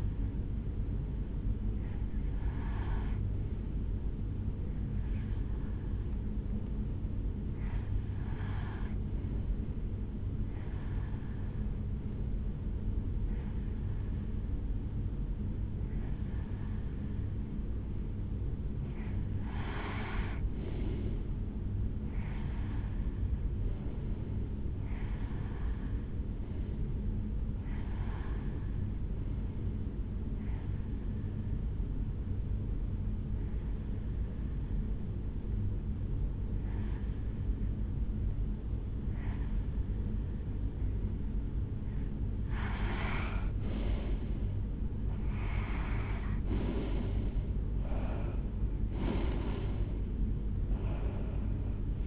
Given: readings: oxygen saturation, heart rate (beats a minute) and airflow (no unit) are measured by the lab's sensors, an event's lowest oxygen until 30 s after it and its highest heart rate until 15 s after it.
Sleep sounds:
breathing in sleep by a smartphone at the bedside; 2
4.00-18.30 s: hypopnea (N1, oxygen 91% highest, then 88% lowest, heart rate 71 at the start, 78 highest)
30.00-44.30 s: hypopnea (N1, oxygen 90% highest, then 86% lowest, heart rate 77 at the start, 81 highest)
From the record:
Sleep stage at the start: N1 (lightest sleep); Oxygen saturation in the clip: 88 to 92%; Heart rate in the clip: 71 to 81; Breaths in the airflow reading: 18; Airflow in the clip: -8.0 to 5.7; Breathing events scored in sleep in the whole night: 449 in 7.0 hours asleep

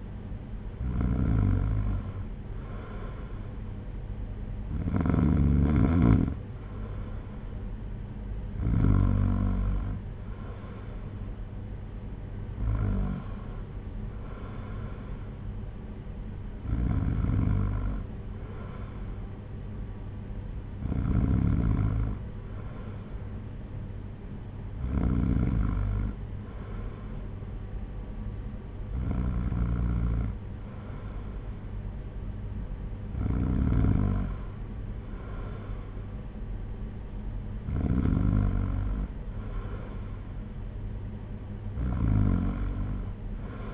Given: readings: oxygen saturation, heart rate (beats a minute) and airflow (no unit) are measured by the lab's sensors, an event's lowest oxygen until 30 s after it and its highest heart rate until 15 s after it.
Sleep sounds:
breathing in sleep by a smartphone at the bedside; none
none scored
From the record:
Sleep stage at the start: N2 (light sleep); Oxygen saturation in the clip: 93 to 94%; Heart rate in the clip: 58 to 62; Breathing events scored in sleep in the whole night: 226 in 8.8 hours asleep

